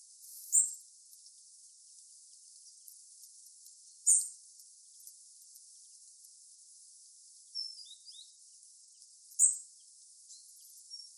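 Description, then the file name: European robin calls: three sharp, high, thin notes spaced a few seconds apart, plus fainter twittering notes in the second half. "Erithacus rubecula"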